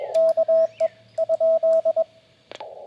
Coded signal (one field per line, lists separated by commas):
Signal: Morse code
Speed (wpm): 22 wpm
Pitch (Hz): 650 Hz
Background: radio noise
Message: KE ?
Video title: CW POTA Activation w/ G90 and Random Wire